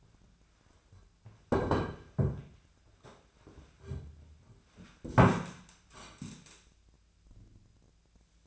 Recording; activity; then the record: daily activity, microphone in the room; sit down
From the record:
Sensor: 2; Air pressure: 1008.0 hPa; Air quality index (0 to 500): 180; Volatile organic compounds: 10 ppm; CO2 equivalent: 2211 ppm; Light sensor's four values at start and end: 10/24/10/10 and 10/25/10/11